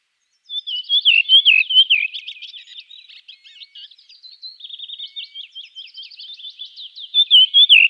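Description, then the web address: Redwing song: a fluty phrase of descending whistled notes, then a long, rapid, scratchy twittering, with another loud descending phrase returning at the end. "Schulze Peter Redwing song"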